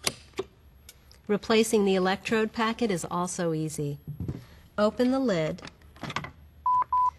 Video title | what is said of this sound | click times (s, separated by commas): RKO z LP CR Plus angielski instruktarz | until it clicks | 0.1 s